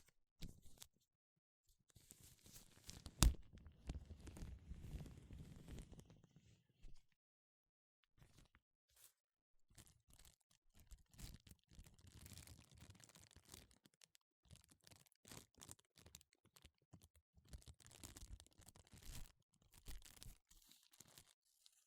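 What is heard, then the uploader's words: Gloves being handled: bursts of crinkling, rubbing and snapping come in uneven clusters, with a sharp snap near three seconds. The busiest stretch is early; after a brief silence around seven seconds, lighter rustling and tapping return in scattered waves. 5 different GLOVES Sounds. (No Talking).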